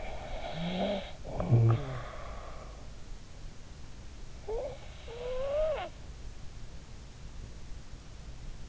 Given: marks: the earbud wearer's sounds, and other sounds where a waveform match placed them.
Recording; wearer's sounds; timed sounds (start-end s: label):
sounds in sleep by an in-ear microphone; snoring breath
0.00-2.74 s: snoring breath
4.47-6.21 s: snoring breath